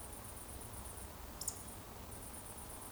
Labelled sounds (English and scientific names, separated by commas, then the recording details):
Eurasian Woodcock (Scolopax rusticola) whistle
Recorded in Baden-Württemberg, Germany, on 24 June 2020 at 20:20 UTC
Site 14569, 102 m above sea level